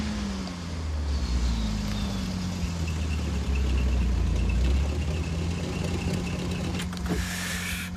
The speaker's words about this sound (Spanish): Detiene el deportivo. Detrás de ellos para el coche de la policía.